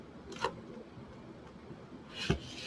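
A metal eyelet sits in a hole in a sign with the pin of hand eyelet pliers placed in it, and the pliers are squeezed. A sharp click at 0.4 s marks the eyelet setting, and a second brief, louder knock follows near 2.3 s over a low rubbing background. The eyelet is set.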